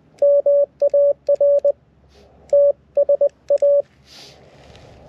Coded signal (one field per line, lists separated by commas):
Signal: Morse code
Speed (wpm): 20 wpm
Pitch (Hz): 570 Hz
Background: none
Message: MAR TSA